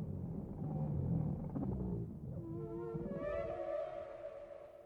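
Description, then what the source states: Whale moans, low groaning at first, then several clear wavering tones. Chorus of whales.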